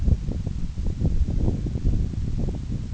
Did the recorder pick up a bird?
no